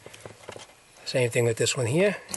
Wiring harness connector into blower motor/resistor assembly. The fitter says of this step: your electrical connectors and you just push them right in and you'll feel them snap in